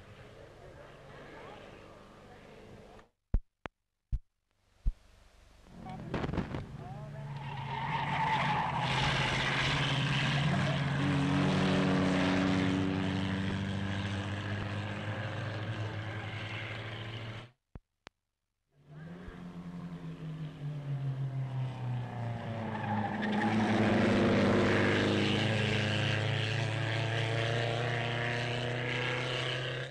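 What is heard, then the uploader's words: Race car engines roar past in two long passes, each swelling from a low rumble to a loud, rasping growl with a rising and falling pitch before fading. Brief silences and sharp clicks break the sound near the start and around eighteen seconds. EARLY AUTOMOBILE ROAD RACES, 1930S. CIRCA 1930 SPEED CAR RACE THROUGH RURAL AREA, LOAD ROARING ENGINES OF RACE CARS AS THEY SPEED BY ON RURAL ROADS, SPECTATORS COMMENT.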